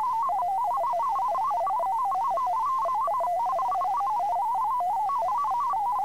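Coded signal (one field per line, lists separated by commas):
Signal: multi-tone FSK (Olivia or MFSK type)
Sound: rapid warbling tone jumping between several pitches around 1 kHz, continuous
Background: faint steady tone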